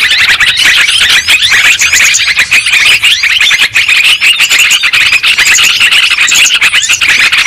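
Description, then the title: Lovebirds chattering: high, harsh squeaks and chirps crowding together in an unbroken, noisy flock chorus. Lure sound for trapping lovebirds. "PIKAT BURUNG LOVEBIRD"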